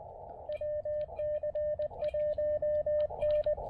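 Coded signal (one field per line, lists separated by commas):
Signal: Morse code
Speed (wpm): 20 wpm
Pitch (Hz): 600 Hz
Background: radio noise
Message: WC1N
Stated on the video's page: POTA CW activation at 0.1 watts with an EFHW antenna and KX2, on 20, 17 and 40 meters.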